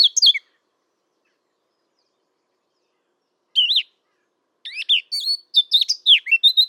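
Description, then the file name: Eurasian blackcap: a brief note burst, a long pause, a single short phrase, then a run of rapid warbled whistles near the end. "Sylvia atricapilla"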